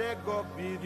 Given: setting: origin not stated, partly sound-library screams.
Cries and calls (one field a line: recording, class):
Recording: one-second piece from a danger detection set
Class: normal situation